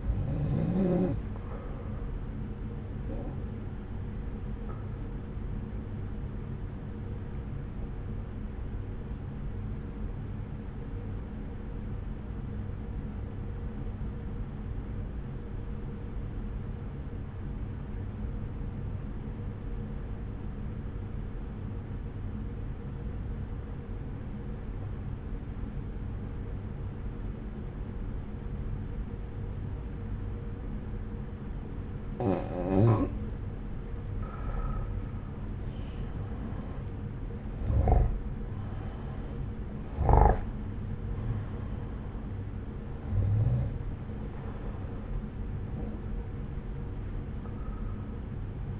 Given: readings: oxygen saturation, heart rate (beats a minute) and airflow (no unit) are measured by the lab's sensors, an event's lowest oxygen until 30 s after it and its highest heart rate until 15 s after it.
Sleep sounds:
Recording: breathing in sleep by a smartphone at the bedside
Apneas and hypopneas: 1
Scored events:
12.00-36.30 s: obstructive apnea (N1, oxygen 94% highest, then 86% lowest)
14.00-44.00 s: new sleep stage, N2 (light sleep)
44.00-48.80 s: new sleep stage, N1 (lightest sleep)
From the record:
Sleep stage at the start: N1 (lightest sleep)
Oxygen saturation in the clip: 86 to 94%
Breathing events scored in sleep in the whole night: 303 in 8.1 hours asleep

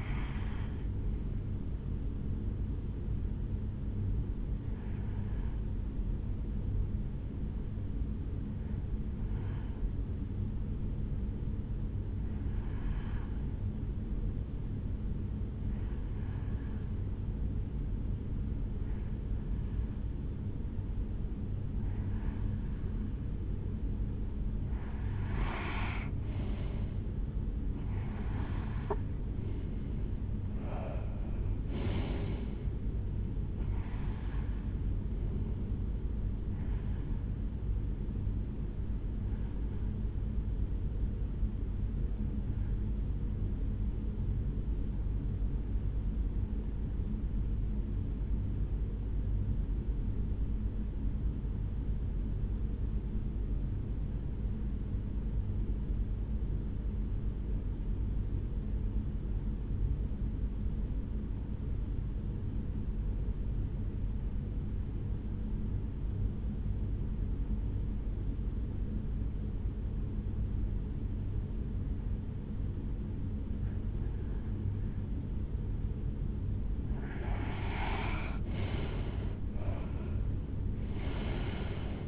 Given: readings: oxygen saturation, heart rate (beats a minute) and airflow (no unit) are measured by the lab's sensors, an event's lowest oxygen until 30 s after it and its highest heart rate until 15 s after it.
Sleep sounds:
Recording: breathing in sleep by a smartphone at the bedside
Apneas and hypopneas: 2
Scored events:
9.00-27.60 s: hypopnea (N1, oxygen 95% highest, then 88% lowest, heart rate 62 at the start, 76 highest)
43.00-77.00 s: hypopnea (N1, oxygen 93% highest, then 76% lowest, heart rate 65 at the start, 78 highest)
48.00-78.00 s: new sleep stage, REM sleep
78.00-82.07 s: new sleep stage, N1 (lightest sleep)
From the record:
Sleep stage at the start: N1 (lightest sleep)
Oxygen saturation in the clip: 70 to 95%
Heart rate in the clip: 60 to 76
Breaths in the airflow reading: 19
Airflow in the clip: -11.6 to 7.0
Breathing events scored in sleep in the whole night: 449 in 7.0 hours asleep

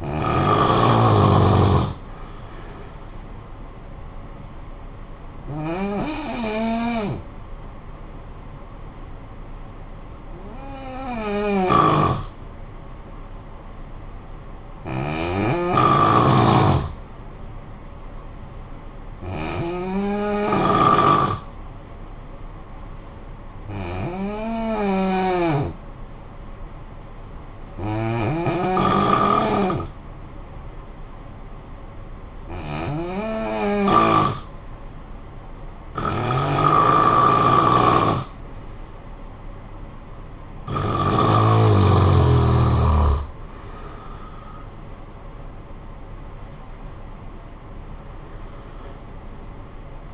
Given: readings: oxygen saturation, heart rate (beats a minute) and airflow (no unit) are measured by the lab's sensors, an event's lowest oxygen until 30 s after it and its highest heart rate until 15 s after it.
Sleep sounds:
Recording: breathing in sleep by a smartphone at the bedside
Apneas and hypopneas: 1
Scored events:
12.00-35.90 s: hypopnea (N2, oxygen 95% highest, then 90% lowest, heart rate 51 at the start, 78 highest)
41.00-50.14 s: new sleep stage, N1 (lightest sleep)
From the record:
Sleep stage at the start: N2 (light sleep)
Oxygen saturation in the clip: 88 to 95%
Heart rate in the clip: 51 to 78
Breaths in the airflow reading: 11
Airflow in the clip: -14.1 to 14.4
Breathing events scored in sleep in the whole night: 445 in 7.6 hours asleep

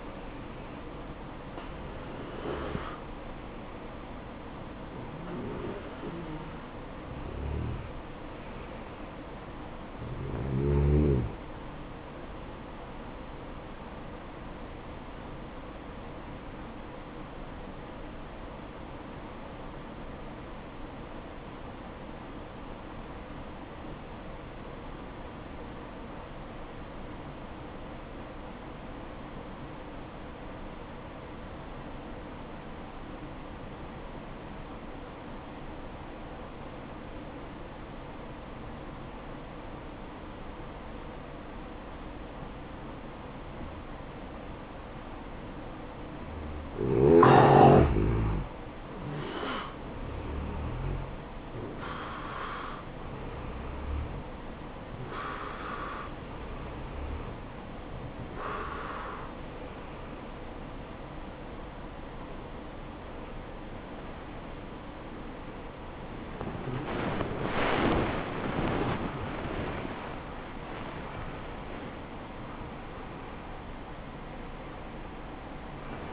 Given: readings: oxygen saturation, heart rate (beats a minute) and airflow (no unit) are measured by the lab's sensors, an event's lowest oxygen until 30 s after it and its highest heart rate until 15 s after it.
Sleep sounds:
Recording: breathing in sleep by a voice recorder at the bedside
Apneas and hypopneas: 1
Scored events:
9.00-39.00 s: new sleep stage, N1 (lightest sleep)
15.00-48.00 s: hypopnea (N1, oxygen 96% highest, then 86% lowest, heart rate 55 at the start, 70 highest)
39.00-69.00 s: new sleep stage, awake
49.00-69.00 s: awake
69.00-76.13 s: new sleep stage, N1 (lightest sleep)
From the record:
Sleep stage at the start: N2 (light sleep)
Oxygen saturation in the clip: 86 to 96%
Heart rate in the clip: 55 to 79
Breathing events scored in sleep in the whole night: 573 in 9.8 hours asleep

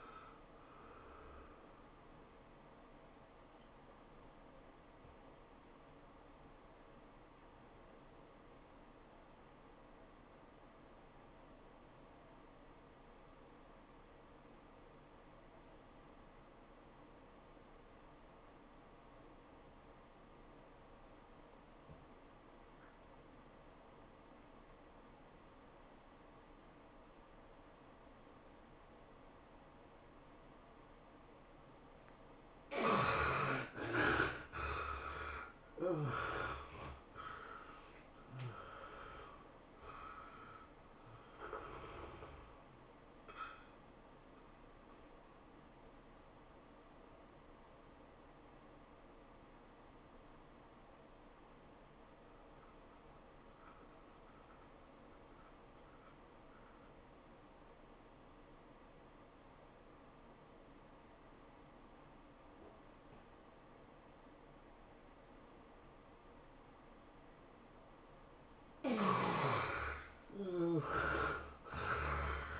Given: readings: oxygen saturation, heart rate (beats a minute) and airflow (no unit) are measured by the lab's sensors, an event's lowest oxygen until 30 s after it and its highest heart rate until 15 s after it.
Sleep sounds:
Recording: breathing in sleep by a voice recorder at the bedside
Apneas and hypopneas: 2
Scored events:
4.00-33.00 s: obstructive apnea (N1, oxygen 96% highest, then 70% lowest, heart rate 100 at the start, 107 highest)
48.00-68.00 s: obstructive apnea (N1, oxygen 96% highest, then 72% lowest, heart rate 94 at the start, 105 highest)
From the record:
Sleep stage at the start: N1 (lightest sleep)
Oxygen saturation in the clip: 69 to 96%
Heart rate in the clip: 81 to 107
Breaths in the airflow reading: 7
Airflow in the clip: -18.1 to 14.3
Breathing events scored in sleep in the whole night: 403 in 5.5 hours asleep

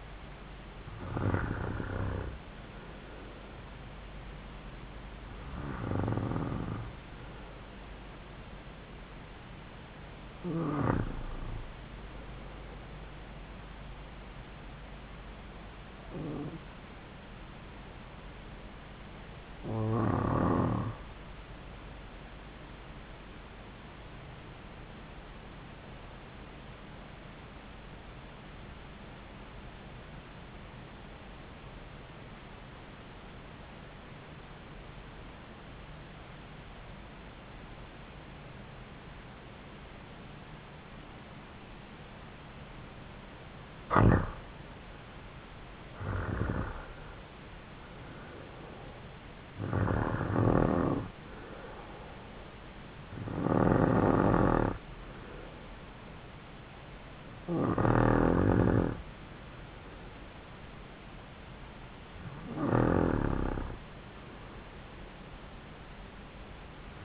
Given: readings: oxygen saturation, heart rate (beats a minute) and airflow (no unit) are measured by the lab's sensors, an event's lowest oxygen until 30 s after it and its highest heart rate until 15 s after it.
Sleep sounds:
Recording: breathing in sleep by a voice recorder at the bedside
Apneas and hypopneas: 1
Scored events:
30.00-44.50 s: obstructive apnea (REM, oxygen 95% highest, then 87% lowest)
From the record:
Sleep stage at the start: REM sleep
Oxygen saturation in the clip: 87 to 96%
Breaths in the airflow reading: 12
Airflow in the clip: -5.5 to 6.4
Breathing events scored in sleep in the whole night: 270 in 6.1 hours asleep

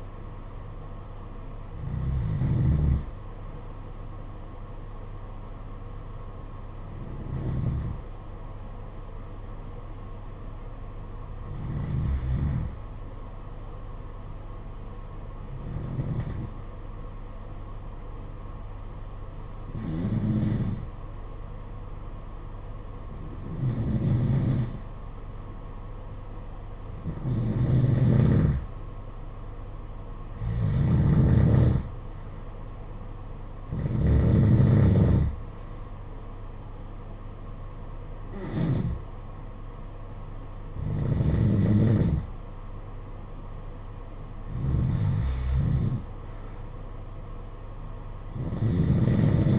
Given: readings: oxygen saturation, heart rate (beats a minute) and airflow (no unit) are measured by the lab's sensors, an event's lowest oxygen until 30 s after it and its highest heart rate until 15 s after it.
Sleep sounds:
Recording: breathing in sleep by a smartphone at the bedside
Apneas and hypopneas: 1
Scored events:
6.00-28.00 s: hypopnea (N1, oxygen 95% highest, then 90% lowest, heart rate 49 at the start, 57 highest)
16.00-49.59 s: new sleep stage, N2 (light sleep)
From the record:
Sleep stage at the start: N1 (lightest sleep)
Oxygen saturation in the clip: 85 to 95%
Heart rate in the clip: 49 to 57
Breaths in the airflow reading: 12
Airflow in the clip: -9.1 to 8.0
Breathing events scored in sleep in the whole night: 476 in 9.7 hours asleep

